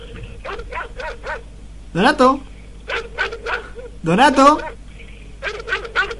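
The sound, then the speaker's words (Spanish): A dog barks twice, each bark a loud, rising, harmonic burst about two seconds apart, with people talking in the gaps before, between and after. “Perro que ladra no muerde”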